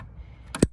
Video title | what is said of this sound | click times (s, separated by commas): How to Replace the Battery in a 2020 GMC Sierra Denali & Chevy Silverado (with Auto Start) | you just slide that till you hear it click then slide the black or sorry the red | 0.5 s, 0.6 s